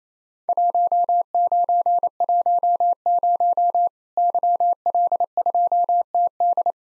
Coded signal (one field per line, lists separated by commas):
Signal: Morse code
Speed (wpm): 27 wpm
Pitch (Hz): 700 Hz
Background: none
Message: 1910 YL2TD